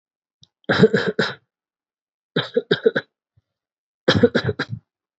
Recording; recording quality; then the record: shallow voluntary cough; excellent, no background noise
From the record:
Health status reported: exposed to COVID-19, no respiratory illness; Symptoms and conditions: cold, sore throat, fatigue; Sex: male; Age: 27 years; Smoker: not ticked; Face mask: not worn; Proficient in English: yes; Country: India